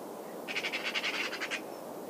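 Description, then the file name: Eurasian magpie giving a single brief, harsh chattering rattle of about a dozen quick notes. "Pica pica"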